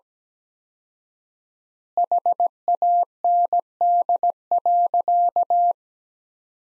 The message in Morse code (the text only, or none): HAND.